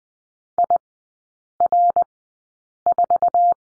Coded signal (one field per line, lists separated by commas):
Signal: Morse code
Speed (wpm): 20 wpm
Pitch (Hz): 700 Hz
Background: none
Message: IR4